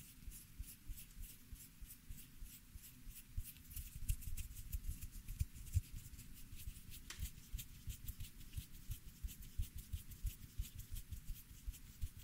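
Hair is being cut, with no talking: dense, quick snipping and crisp rustling repeat throughout, clustering into busier bursts around the four-second mark and again near seven. A low rumble and soft brushing of hair sit underneath the steady, irregular clicks.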